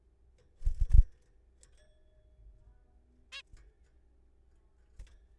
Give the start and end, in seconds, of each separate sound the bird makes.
3.32-3.42